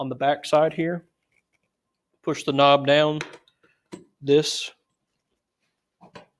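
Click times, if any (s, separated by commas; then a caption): 6.2 s. Someone talks while pushing down the red locking knob on the back of the clamp base of a Work Sharp Precision knife sharpening system. After a pause, the knob snaps into place with a short, sharp click at 6.2 s, leaving it seated.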